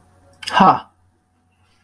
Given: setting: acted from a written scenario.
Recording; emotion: vocal sound without words; amusement